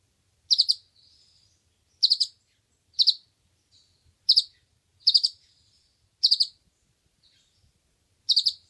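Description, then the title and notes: Oriental magpie-robin giving short, high three-note bursts at intervals, with faint soft whistles between some of them. Champion bird singing vigorously. "Kacer Juara Gacor. Kumpulan Suara Burung Masteran Pilihan"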